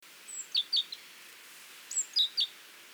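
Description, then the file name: Great tit calls: a thin high whistle leading into a pair of sharp down-slurred notes, given twice. "Parus major"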